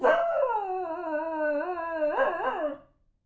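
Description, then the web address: Dog: puppy whining, a long tonal cry that slides down then wavers, ending in a few quick rising-falling yelps before stopping. "aewuh dog-dataset"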